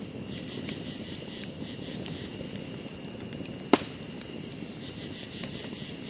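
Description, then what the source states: Crickets give a steady, thin, high chirring drone under soft fire crackle, broken once by a single sharp snap. Ambience at a campsite beside a fire, close perspective.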